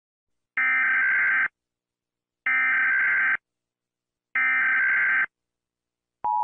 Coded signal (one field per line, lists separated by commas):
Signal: Emergency Alert System (SAME) tones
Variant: header bursts